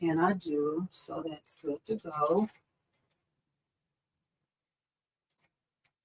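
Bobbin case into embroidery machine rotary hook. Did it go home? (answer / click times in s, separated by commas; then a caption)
yes / 5.4 s. Someone talks for the first two and a half seconds, then after a quiet stretch a bobbin case is pushed into the embroidery machine's rotary hook area. It snaps into place with a short, faint click at 5.4 s, followed by another brief tick near 5.9 s. The bobbin case is seated.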